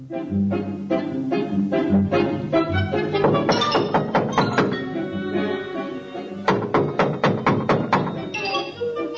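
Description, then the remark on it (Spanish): Repeated knocking on the wooden door of a witch's house by a girl who knocks for a long time with no one answering, coming in several bursts of sharp, evenly spaced raps, the last a quick run of about seven knocks, over a steady low tonal background. “Estuvo llamando mucho rato, sin que nadie pudiera acudir a abrir.”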